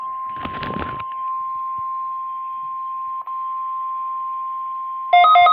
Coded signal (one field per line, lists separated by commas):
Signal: Emergency Alert System (SAME) tones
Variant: 1050 Hz attention tone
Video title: [EAS #16] RWT [11/29/2017]